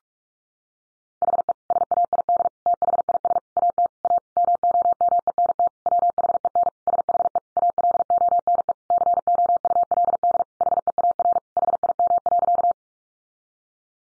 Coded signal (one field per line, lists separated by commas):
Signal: Morse code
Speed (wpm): 44 wpm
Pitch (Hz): 700 Hz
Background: none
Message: HE SAID THIS AT A MOMENT WHEN SHE ALONE COULD HEAR HIM.